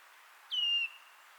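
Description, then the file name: Eurasian nuthatch call: a single clear whistled note, sliding slightly downward and lasting about a third of a second, against a quiet background. "Sitta europaea"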